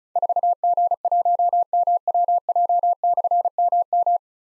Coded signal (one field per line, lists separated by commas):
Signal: Morse code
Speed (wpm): 36 wpm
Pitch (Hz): 700 Hz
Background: none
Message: 4G1MWJ/MM